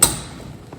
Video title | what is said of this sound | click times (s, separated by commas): 15 Year Old Drives To Her First Car Show! Bug-a-Paluza | I heard it click in there you're in | 0.0 s